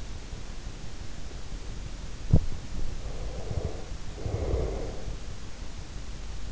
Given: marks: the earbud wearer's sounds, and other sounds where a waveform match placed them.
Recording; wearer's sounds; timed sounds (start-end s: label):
sounds in sleep by an in-ear microphone; breath
2.94-5.34 s: breath